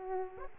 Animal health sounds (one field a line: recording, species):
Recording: mosquito wingbeat signal from an infrared sensor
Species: Aedes aegypti